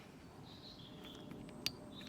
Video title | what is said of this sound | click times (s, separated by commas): BMW X3 E83 windscreen side trim replacement | clicks into place beautiful nice and clean | 1.7 s